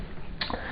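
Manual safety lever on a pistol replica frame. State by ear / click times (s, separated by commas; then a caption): seated / 0.4 s. The manual slide-lock safety lever on the frame of a metal KWC Colt M1911 A1 airsoft pistol replica is pushed up until it snaps into its locked position. A sharp, clearly audible click comes at 0.4 s, with a fainter tick just after, and the lever is seated, taken as a sign of sturdiness.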